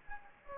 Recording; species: mosquito wingbeat signal from an infrared sensor; Anopheles gambiae